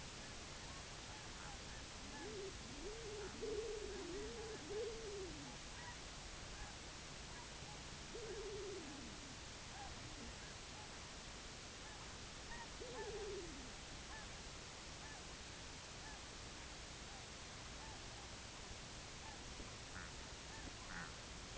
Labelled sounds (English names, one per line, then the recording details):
unidentified sound
King Eider
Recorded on Arctic tundra, site IGLO-A, on 24 June 2018
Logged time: 23:59